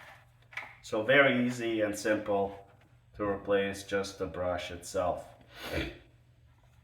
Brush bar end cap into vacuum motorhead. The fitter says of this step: and rotate it clockwise and you hear one click